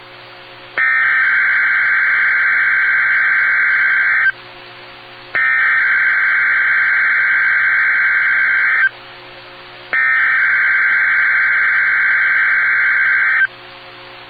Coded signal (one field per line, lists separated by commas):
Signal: Emergency Alert System (SAME) tones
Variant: header bursts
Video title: EAS #94: NWR Required Weekly Test- Jan. 6, 2016- 11:01AM PST